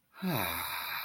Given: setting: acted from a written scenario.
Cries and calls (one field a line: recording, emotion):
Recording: vocal sound without words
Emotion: serenity